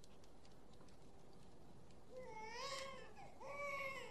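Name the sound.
newborn baby crying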